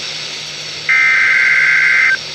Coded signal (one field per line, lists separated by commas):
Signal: Emergency Alert System (SAME) tones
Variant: header bursts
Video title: flash flood warning (eas 107)